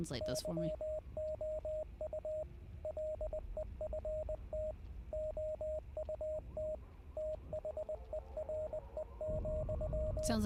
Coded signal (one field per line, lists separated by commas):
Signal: Morse code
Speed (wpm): 20 wpm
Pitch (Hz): 620 Hz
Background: speech, radio noise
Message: YOU LEFT OUT THERE,